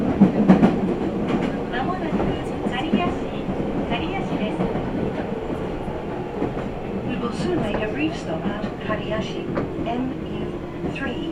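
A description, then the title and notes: A Nagoya Railroad Mikawa Line train rumbles along steadily, with dense low rolling noise, scattered wheel clicks and brief squeals throughout. Nagoya Railroad Mikawa Line Chiryu to Hekinan.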